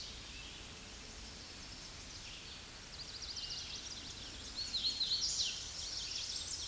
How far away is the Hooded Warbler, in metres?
about 20 m